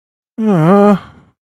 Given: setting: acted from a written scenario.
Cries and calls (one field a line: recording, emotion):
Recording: vocal sound without words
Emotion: distress